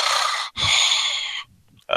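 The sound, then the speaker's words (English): Heavy, airy breaths blown straight into a microphone held very close to the mouth because a new sound card gives little gain: a loud rushing exhale, a brief pause, a longer second gust, then quiet before another breath begins. No one speaks. “Sorry if I'm breathing a lot in the mic.”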